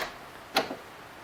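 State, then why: Released. Pulling the release cable on a VW Jetta's hood latch makes the first (main) latch let go of a screwdriver standing in for the striker, with a sharp click at 0.6 s followed by a brief softer tail. The latch releases.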